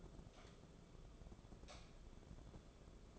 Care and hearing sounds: daily activity, microphone in the room; light on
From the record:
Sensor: 5

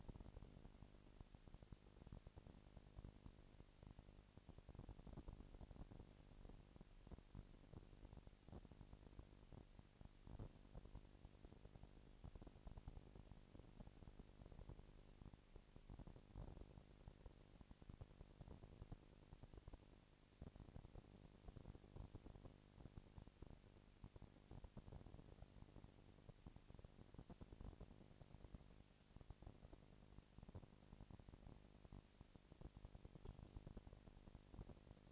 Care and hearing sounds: daily activity, microphone in the room; no activity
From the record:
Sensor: 5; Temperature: 19.8 degrees Celsius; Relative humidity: 36.7%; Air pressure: 997.1 hPa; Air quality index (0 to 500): 169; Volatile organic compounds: 14 ppm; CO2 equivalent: 2439 ppm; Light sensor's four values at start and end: 2/3/1/1 and 2/3/1/1

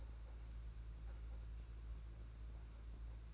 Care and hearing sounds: daily activity, microphone in the room; place on stove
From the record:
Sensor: 2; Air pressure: 991.8 hPa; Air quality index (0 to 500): 232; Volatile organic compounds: 1000 ppm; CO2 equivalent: 7798 ppm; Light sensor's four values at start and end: 18/58/22/21 and 18/58/22/21

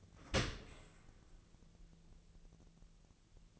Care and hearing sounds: daily activity, microphone in the room; open dishwasher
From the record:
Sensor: 4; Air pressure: 1001.3 hPa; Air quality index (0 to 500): 178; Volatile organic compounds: 2 ppm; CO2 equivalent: 1270 ppm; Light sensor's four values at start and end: 11/26/10/11 and 11/25/10/11

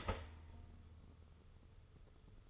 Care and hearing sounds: daily activity, microphone in the room; start toaster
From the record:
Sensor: 4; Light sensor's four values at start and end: 26/79/31/32 and 27/83/32/34

